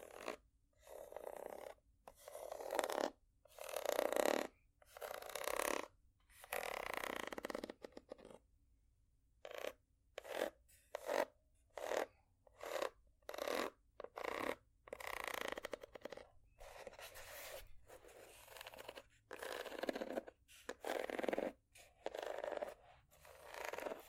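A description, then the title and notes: Scratching across ridged surfaces, heard as a run of rasping strokes that start and stop abruptly, each lasting under a second to about two seconds. The bursts are gritty and bright with a rough buzzing middle, separated by short silences, with a longer gap around eight seconds. ASMR Scratching Ridges For Tingles （No Talking）.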